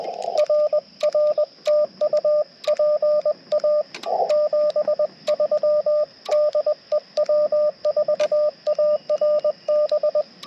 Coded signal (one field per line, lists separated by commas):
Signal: Morse code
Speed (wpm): 20 wpm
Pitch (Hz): 600 Hz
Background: radio noise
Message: RR TU PA 73 DE W4ARB